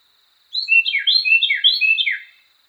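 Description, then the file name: Carolina wren song: a rolling phrase of sweeping, slurred notes repeated about three times in quick succession, over a faint steady high tone. Song variation 5. "suara-kicauan-burung-carolina-wren-variasi-5-omkicau"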